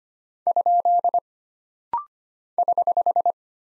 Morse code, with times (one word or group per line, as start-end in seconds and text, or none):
0.5-1.2 ?
2.6-3.3 <HH>